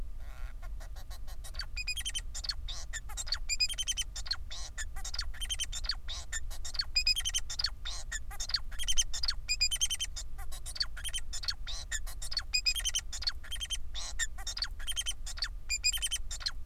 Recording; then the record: song of a male Bengalese finch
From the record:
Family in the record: son of father 4